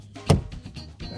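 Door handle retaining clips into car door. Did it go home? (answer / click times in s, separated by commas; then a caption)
yes / 0.3 s. While refitting a replacement exterior door handle on a 2014 Nissan Altima, the handle's plastic retaining clips are pressed back into the car door. A sharp, short snap lands at 0.3 s over faint background music, and the clips are seated nice and secure.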